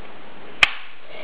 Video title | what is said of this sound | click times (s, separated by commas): Review of Daisy Red Ryder | And once it snaps into place, you take off the safety | 0.6 s